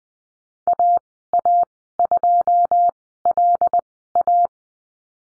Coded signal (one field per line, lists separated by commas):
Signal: Morse code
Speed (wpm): 20 wpm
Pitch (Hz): 700 Hz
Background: none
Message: AA2LA